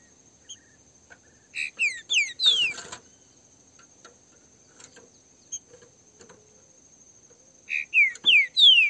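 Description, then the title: Green-winged Saltator song: two separate bursts of rapid descending whistled notes, with quiet gaps and a steady high hum in the background. Free-flying mated pair engaged in a song dispute. "Canto De Trinca Ferro. LINDA DISPUTA com casal de trinca ferro solto"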